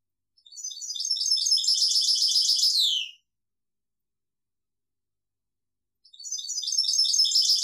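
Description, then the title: European goldfinch song: a fast, high twittering phrase of about two and a half seconds ends in a quick descending slur, then after a silence another phrase begins. "Chant Chardonneret"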